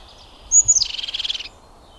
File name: Cincia Dal Ciuffo